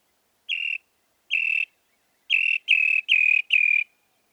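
Northern mockingbird song: a nasal, buzzy note repeated six times, two spaced apart then four in quick succession.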